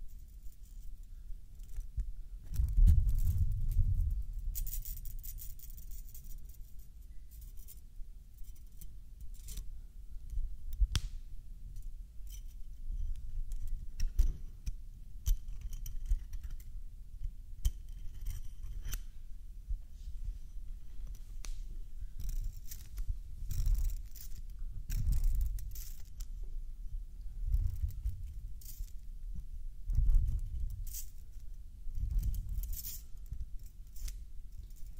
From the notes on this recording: found a metal toy and played with it